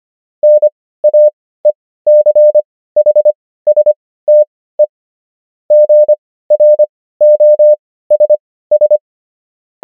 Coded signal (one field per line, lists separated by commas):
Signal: Morse code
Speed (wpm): 25 wpm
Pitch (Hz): 600 Hz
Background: none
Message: NAECHSTE GROSS